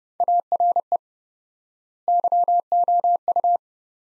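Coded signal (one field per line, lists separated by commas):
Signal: Morse code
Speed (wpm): 30 wpm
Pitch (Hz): 700 Hz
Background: none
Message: ARE YOU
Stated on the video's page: Morse code sentences from the top 100 words at 30 wpm with 4x word spacing, a Farnsworth-like head-copy drill.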